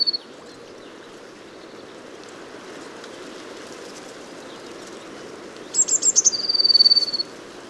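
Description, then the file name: Eurasian blue tit song near the end: high thin notes running into a quick, even trill, with a faint note at the start and continuous low rumbling noise. "Cyanistes caeruleus"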